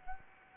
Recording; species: mosquito wingbeat signal from an infrared sensor; Anopheles gambiae